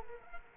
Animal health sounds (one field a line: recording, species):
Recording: mosquito wingbeat signal from an infrared sensor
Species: Culex quinquefasciatus